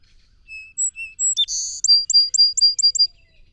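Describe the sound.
Song sparrow song: spaced whistled notes, a dense buzz, then a rapid even trill of bright repeated notes.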